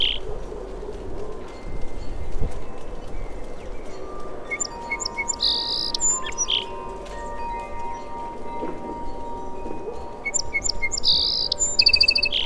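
Song sparrow singing twice, a few seconds apart, each song a quick mix of sharp notes, buzzes and trills, over a steady low background rumble.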